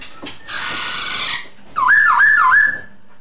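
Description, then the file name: Masked laughingthrush: a harsh, hissing rasp, then a loud wavering whistle that dips and rises a few times. Lure song. "suara pancingan poksay hongkong"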